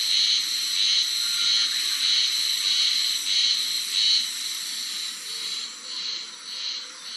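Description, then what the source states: Japanese spring cicada producing a hissing, pulsed buzz in a regular beat that gradually softens and blurs toward the end. Recorded 19 May 2011.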